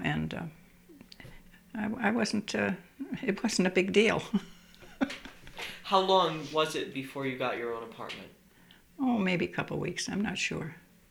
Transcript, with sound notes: And, I, I wasn't, it wasn't a big deal. (she laughs)
How long was it before you got your own apartment?
Oh, maybe a couple weeks. I'm not sure.